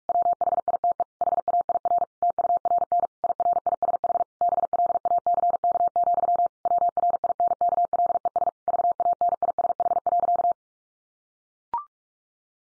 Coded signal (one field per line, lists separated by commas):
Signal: Morse code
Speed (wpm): 44 wpm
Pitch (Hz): 700 Hz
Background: none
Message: WHITE HAIR TURN IRISH BLACK, WRINKLES VANISH.